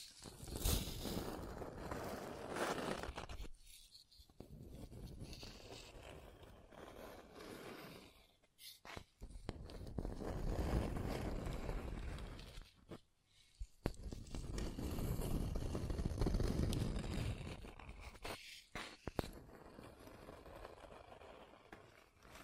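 Rough scratching and tracing strokes come in long dense sweeps, each a few seconds, separated by brief pauses and sharp clicks.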